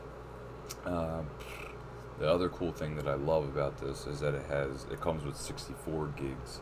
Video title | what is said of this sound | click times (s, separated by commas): LG Stylo 6 Review - BEST Phone For Price, Size, Speed, & Gaming. LG Stylo 6 BEATS iPhone 11! | so it clicks back in | 0.7 s